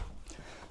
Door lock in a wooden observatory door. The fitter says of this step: as you heard from that audible click there I have fitted a lock on there I've also got a handle